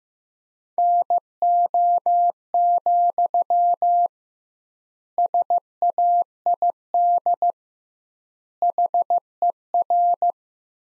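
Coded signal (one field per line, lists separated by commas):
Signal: Morse code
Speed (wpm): 15 wpm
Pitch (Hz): 700 Hz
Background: none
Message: NO, SAID HER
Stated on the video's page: Practice sentences from the top 300 words at 15 wpm with double word spacing, a word-based variant of Farnsworth spacing.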